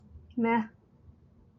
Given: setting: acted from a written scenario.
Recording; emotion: vocal sound without words; neutral